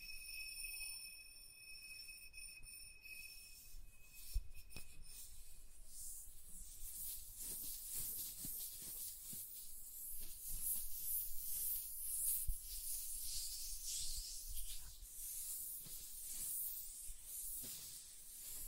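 Soft tracing across surfaces makes a continuous bright, airy rubbing hiss that thickens after the first few seconds. Quick strokes and small scratchy ticks repeat irregularly throughout, with a sharper tap near 4 and 12 seconds. A thin high whine sits under the opening three seconds.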